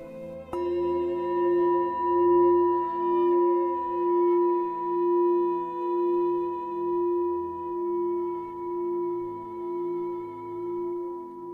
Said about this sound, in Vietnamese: Ghi chú, để cho thiền sinh hiểu rõ thêm về bản chất của tâm, Ngài Thiền Sư gõ cái chuông trên bàn rồi giảng tiếp.